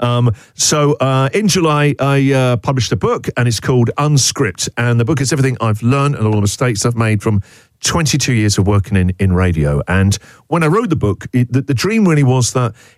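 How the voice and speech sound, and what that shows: The speaker, an adult man, speaks fluently at an ordinary pace in a clear, steady voice, with brief natural pauses.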